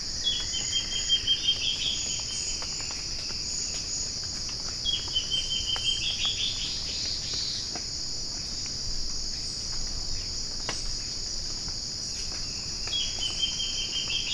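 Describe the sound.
Bird giving three short bursts of fast high chattering notes, spaced several seconds apart, over an unbroken high-pitched insect chorus.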